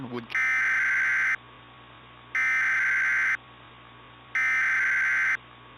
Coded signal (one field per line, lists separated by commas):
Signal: Emergency Alert System (SAME) tones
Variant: header bursts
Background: speech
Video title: [EAS Mock] Tornado Emergency for Napoleon Ohio REMAKE - From August 2016